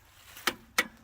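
A preset click-type torque wrench set to 50 ft-lb is pulled on a wheel nut until it clicks. Two sharp broadband snaps are heard, one at about 0.5 s and a stronger one at 0.8 s, which is the confirmed click showing the set torque has been reached.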